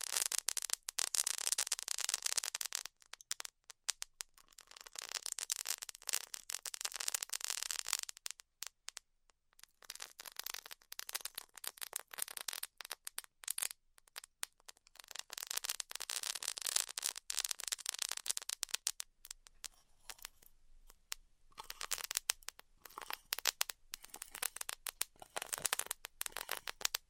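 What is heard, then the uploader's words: Styrofoam being heat cut, heard as a dense, bright crackling hiss with almost no low end. The sizzle runs in stretches of a few seconds, broken by abrupt silent gaps around 3, 9, 13 and 20 seconds, with flickering dropouts inside each run. ASMR Styrofoam Heat Cutting (No Talking).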